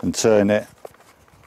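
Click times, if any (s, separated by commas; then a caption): 0.9 s. Someone talks as the keyed-lug lance of a 150 bar pressure washer is pushed into the spring-loaded socket of the spray gun and turned. A short, sharp click sounds at 0.9 s as the lance locks securely into the gun, followed by a few faint ticks.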